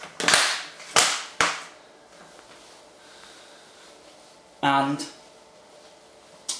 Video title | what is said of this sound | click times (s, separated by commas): Lager Making Tutorial - Part 1 from TheThriftyShopper.co.uk | Now, put the lid in place. Make sure it's tightly on. You'll hear the clicks. | 0.2 s, 0.3 s, 1.4 s